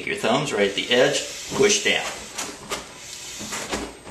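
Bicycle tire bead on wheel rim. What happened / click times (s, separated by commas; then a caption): The tire bead did not pop loose from the rim / none. Someone talks while pressing down with both thumbs at the edge of a bicycle tire to break the bead loose from the wheel rim, with soft rubbing and handling sounds under the voice. The bead does not release, and nothing has popped loose yet.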